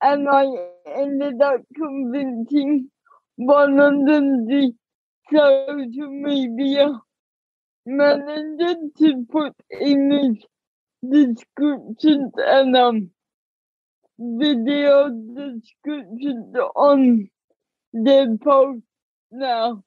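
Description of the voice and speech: Young adult woman with cerebral palsy, diagnosed at age two, speaking with dysarthria: slow, effortful speech broken into short phrases by frequent pauses, with prolonged sounds. The condition also affects her walking and fingers.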